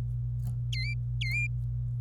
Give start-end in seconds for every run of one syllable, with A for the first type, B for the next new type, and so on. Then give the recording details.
0.73-0.94 A, 1.21-1.47 A. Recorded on 25 April 2018 at 14:09. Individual llb3